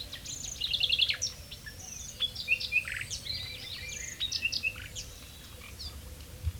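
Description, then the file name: Common nightingale song with a burst of clear repeated whistles, followed by scattered short chirps and sharp notes over soft background noise. "Luscinia megarhynchos"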